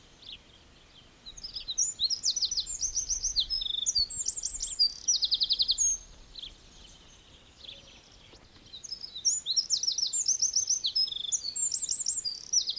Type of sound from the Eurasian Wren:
song